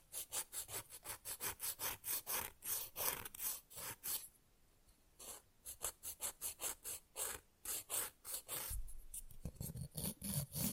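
Fast, rough nail filing in quick, regular back-and-forth strokes, each a bright scratchy rasp. The strokes pause briefly around the fourth and eighth seconds, then resume. Near the end a low rumble joins the filing.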